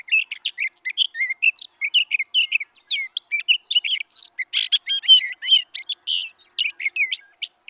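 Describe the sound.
Sage thrasher song: fast, jumbled warbling of short chirps and slurred whistles, delivered nonstop at a hurried pace with constant variation.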